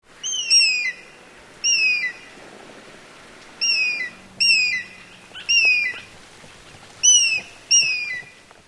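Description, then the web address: Eagle cries: seven high, shrill, harmonic screams, each dropping in pitch, at uneven intervals, with faint background noise between. "le cri de laigle"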